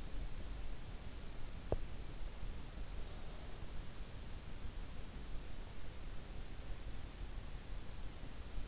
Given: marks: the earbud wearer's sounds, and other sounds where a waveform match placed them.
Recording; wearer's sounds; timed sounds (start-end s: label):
sounds in sleep by an in-ear microphone; teeth grinding
1.59-1.92 s: teeth grinding